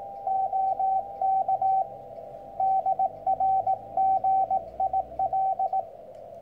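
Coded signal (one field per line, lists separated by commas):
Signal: Morse code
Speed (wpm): 18 wpm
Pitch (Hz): 770 Hz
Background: radio noise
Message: OK DR GIL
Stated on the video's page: Single-band CW transceiver, the Weber Soda Pop kit radio, used for on-air contacts.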